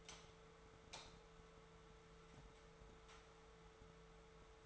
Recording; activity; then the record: daily activity, microphone in the room; light on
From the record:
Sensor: 3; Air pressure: 1014.5 hPa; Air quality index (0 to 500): 180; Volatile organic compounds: 18 ppm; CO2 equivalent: 2620 ppm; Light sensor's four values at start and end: 41/103/44/47 and 39/99/42/45